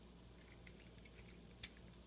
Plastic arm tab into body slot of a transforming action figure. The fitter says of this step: lock it into place until you hear it snap